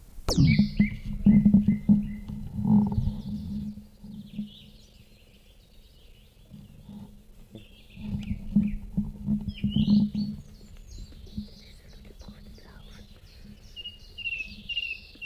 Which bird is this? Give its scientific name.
Phylloscopus collybita